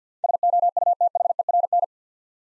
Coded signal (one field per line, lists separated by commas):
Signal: Morse code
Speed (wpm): 53 wpm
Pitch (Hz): 700 Hz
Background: none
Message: SOUTHERN